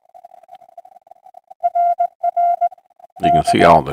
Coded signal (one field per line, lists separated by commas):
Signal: Morse code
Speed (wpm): 21 wpm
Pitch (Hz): 700 Hz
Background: speech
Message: RR K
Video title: Saturday Morning Pota Hunt 4-4-2026